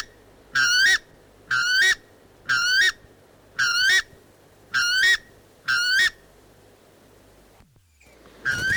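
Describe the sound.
Western weka song: loud rising whistled calls with strong harmonics, repeated about once a second six times, a short pause, then another call begins; faint low hum beneath.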